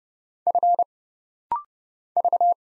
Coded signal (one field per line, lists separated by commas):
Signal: Morse code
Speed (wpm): 29 wpm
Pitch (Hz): 700 Hz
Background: none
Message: F V